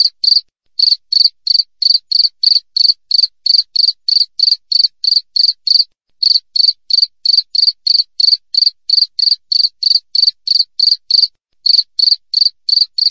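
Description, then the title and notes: Cricket producing a long run of high, buzzy chirps, near three a second, with a few brief silences scattered through; clean background throughout. Wild cricket recorded clearly with tight gaps between chirps, intended as a tutor recording for training songbirds and for repelling rats. "Masteran Jangkrik Alam Jernih, Jeda Rapat Cocok Untuk Masteran Burung Dan Mengusir Tikus. suara jangkrik"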